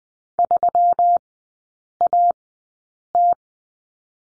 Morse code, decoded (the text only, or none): 3AT